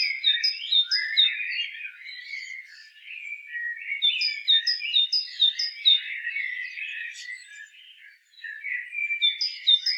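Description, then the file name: Great tit repeating a bright two-note phrase several times, a higher note then a lower one, in bursts separated by softer, lower twittering. "Parus major"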